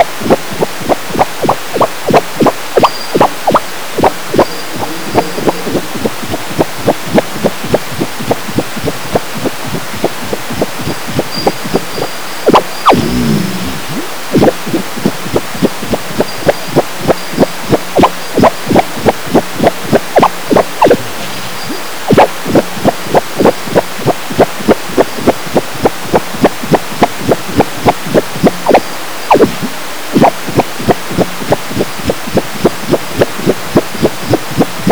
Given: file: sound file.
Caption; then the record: Sound of Drosophila heartbeat.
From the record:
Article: Arrhythmia Caused by a Drosophila Tropomyosin Mutation Is Revealed Using a Novel Optical Coherence Tomography Instrument